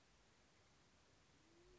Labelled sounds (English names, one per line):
Band-tailed Pigeon